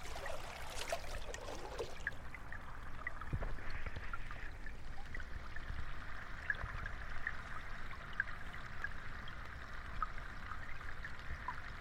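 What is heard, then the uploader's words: Ocean water from the East Australian Current. The first two seconds bring a bright, splashy rush, like water pouring or sloshing. It then settles into a steady, even wash with faint scattered crackles over a soft low rumble. The tranquil waters and soothing sounds of the East Australian Current.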